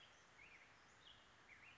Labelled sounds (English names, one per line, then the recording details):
Black-headed Grosbeak
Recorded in Sonoma County, California